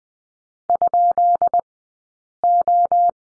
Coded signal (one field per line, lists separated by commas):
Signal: Morse code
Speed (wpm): 19 wpm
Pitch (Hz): 700 Hz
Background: none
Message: ? O